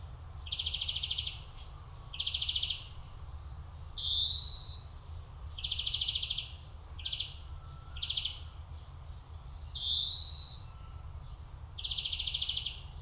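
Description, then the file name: European Greenfinch singing, mostly rapid buzzy trills with two long rising nasal wheezes, over a steady low rumble. "Chloris chloris"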